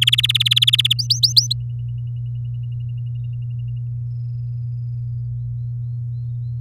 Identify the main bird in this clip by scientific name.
Serinus canaria